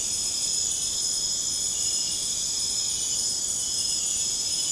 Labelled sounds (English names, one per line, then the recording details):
none
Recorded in pastures near Puerto Asís, Putumayo, Colombia, on 29 June 2025 at 01:00
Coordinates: 0.496, -76.326
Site GP01